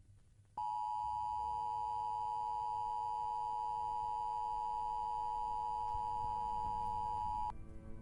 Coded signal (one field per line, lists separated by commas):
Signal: Emergency Alert System (SAME) tones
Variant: 853 and 960 Hz attention tone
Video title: 096 - SCP EAS Scenario [A Short Film Project]